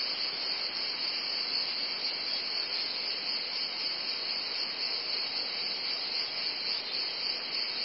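Cicada chorus, a continuous sizzling buzz.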